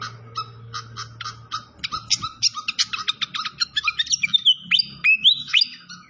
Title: Masteran Sikatan Kipas Suara Jernih Dan Suara Gemericik Air